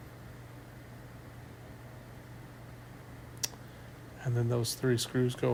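Over a steady low hum, the cooling fan's cable connector is plugged into the console motherboard and gives a single sharp click at 3.4 seconds as it seats. Someone then talks.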